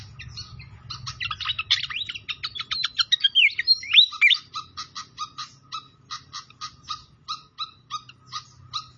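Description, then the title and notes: Pied fantail song: dense twittering phrase with looping whistled slides, then a steady run of short, evenly spaced chips, with a soft low rumble beneath. Masteran training recording of a clear-voiced song mixed with the sound of trickling water; the notes also name Sikatan Londo. "Masteran Sikatan Kipas Suara Jernih Dan Suara Gemericik Air. Suara Burung Sikatan Londo"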